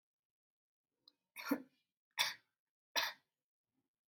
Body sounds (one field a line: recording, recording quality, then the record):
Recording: shallow voluntary cough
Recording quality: excellent, no background noise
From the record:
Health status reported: healthy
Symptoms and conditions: none ticked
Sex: female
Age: 20 years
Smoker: not ticked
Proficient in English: yes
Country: India